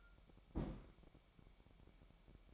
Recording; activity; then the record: daily activity, microphone in the room; place on stove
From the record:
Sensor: 1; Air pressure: 1012.1 hPa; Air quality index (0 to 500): 219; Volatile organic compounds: 5 ppm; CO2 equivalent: 1754 ppm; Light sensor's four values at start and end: 74/177/75/79 and 74/177/75/79